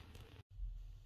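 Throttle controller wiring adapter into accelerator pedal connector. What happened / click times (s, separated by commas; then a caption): Handled, not yet home: the connector has not clicked in / none. The plastic adapter plug of an EVC throttle controller is pushed toward the accelerator pedal wiring connector of a MY21 Isuzu MU-X. Two faint ticks land at about 0.2 s over a low rumbling noise bed, which cuts to near silence around 0.4–0.5 s before the noise returns. Nothing has seated or clicked yet.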